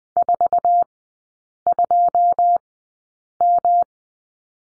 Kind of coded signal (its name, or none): Morse code